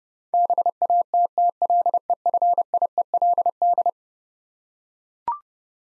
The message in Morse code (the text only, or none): BATTLEFIELD